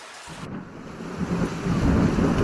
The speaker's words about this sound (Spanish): Poco a poco, va cayendo el chaparrón, corre, corre, fuerte, fuerte. Mójame hasta el corazón.